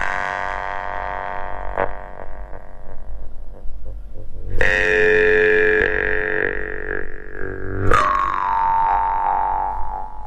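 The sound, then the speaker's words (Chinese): A low-pitched steel jaw harp twangs on its own, its steel reed vibrating in a steady buzzing drone with bright overtones that swoop and shift, freshly plucked twice with sharp, ringing attacks. “比如说这个口弦琴是低音的一个口弦琴”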